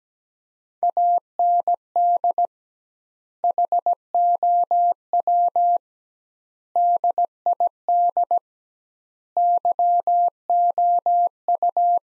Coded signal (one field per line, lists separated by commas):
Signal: Morse code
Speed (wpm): 17 wpm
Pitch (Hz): 700 Hz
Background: none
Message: AND HOW DID YOU